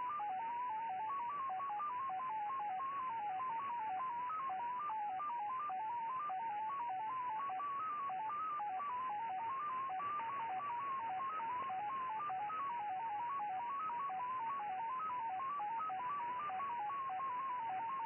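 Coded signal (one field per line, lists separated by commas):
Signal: numbers station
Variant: XPA MFSK 10 baud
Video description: XPA 873 1, 9. 1. 2014 19:20, 6791 kHz / MFSK 10 baud. Message for ID 873 and quite a long one. SVR Russian Foreign Intelligence Numbers Station.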